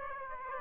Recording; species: mosquito wingbeat signal from an infrared sensor; Aedes aegypti